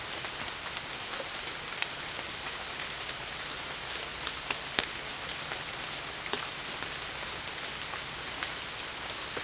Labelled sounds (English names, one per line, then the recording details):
none
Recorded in dense forest near Puerto Asís, Putumayo, Colombia, on 27 June 2025 at 08:00
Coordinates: 0.468, -76.322
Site GP03